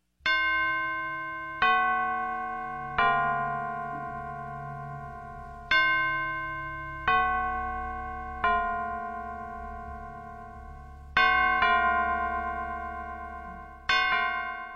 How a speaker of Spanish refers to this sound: Tradición moribunda. El tañer o repique de las campanas se hace sonar a partir de las 12 horas del 1 de noviembre, Día de los Santos de cada año, y finaliza de sonar ininterrumpidamente hasta las siguientes 12 horas del día 2 del mismo mes